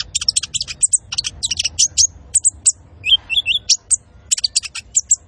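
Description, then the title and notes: Van Hasselt's sunbird song of dense, very high twittering bursts, a brief run of lower wavering whistles midway, then more quick sharp chirps. Masteran training recording for caged birds, also used as a lure; full song with 'isian' fillers and 'tembakan' shot phrases; bird described as gacor, singing constantly. "MASTERAN KOLIBRI NINJA FULL ISIAN DAN TEMBAKAN COCOK BUAT PANCINGAN. Suara Burung Kolibri Ninja Gacor"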